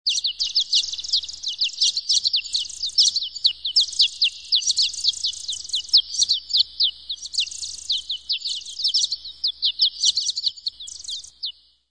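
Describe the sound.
Bird calls: rapid, high, thin chattering notes, each sliding downward, poured out almost continuously for about eleven seconds with brief pauses, over a quiet background.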